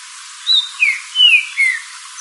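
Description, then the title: Green-winged saltator song of four clear whistled notes, most sliding downward, over a quiet hissy background. "Trinca Ferro Cantando"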